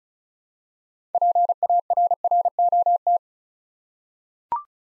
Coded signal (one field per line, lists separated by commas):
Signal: Morse code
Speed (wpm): 36 wpm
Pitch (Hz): 700 Hz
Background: none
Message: PARROT